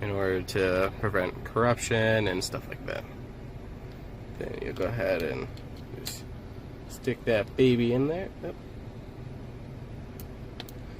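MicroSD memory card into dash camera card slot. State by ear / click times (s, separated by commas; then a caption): seated / 10.6 s. A microSD memory card is pushed into the spring-loaded card slot of a Rexing V1 4K Ultra HD car dash cam while someone talks. After the talking stops, faint handling ticks come at about 10.2 s, and the card latches with a small click at 10.6 s. The card is seated.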